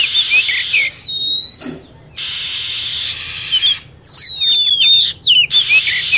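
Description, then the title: Lovebird calls, shrill high whistled chirps with sweeping downward slides in quick bursts, alternating with loud broad hissing noise bursts. Lure sound used to attract lovebirds. "PIKAT BURUNG LOVEBIRD"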